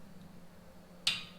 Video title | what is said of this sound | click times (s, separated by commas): Wheel Stud Conversion BMW 428i F33 | You'll keep tightening it until it clicks | 1.1 s